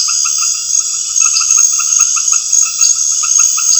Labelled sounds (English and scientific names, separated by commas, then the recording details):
none
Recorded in pastures near Puerto Asís, Putumayo, Colombia, on 21 March 2025 at 19:00
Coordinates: 0.502, -76.324
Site GP07